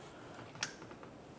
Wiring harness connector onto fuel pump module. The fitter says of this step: there's our click give it a tug to make sure it is secured and then make sure you lock it in with the red locking tap